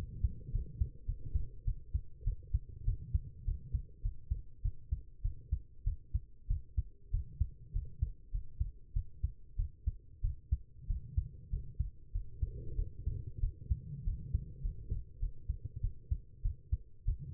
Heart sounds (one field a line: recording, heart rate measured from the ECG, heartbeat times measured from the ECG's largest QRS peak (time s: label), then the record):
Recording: heart sounds by stethoscope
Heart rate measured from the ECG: 98 bpm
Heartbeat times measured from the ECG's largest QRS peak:
0.52 s: heartbeat
1.06 s: heartbeat
1.65 s: heartbeat
2.24 s: heartbeat
2.85 s: heartbeat
3.45 s: heartbeat
4.02 s: heartbeat
4.62 s: heartbeat
5.22 s: heartbeat
5.84 s: heartbeat
6.48 s: heartbeat
7.11 s: heartbeat
7.73 s: heartbeat
8.32 s: heartbeat
8.93 s: heartbeat
9.56 s: heartbeat
10.21 s: heartbeat
10.87 s: heartbeat
11.50 s: heartbeat
12.12 s: heartbeat
12.76 s: heartbeat
13.40 s: heartbeat
14.04 s: heartbeat
14.62 s: heartbeat
15.20 s: heartbeat
15.81 s: heartbeat
16.42 s: heartbeat
17.05 s: heartbeat
From the record:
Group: healthy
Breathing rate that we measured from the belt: 18 breaths a minute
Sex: female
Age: 19 years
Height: 163 cm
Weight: 51 kg